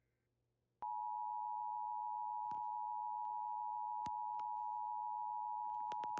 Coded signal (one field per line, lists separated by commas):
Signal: Emergency Alert System (SAME) tones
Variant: 853 and 960 Hz attention tone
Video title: (RARE!!!!) EAS #2,679: CIVIL EMERGENCY MESSAGE FOR DAWSON COUNTY NEBRASKA FOR WILDFIRE!!!! (3/13/26)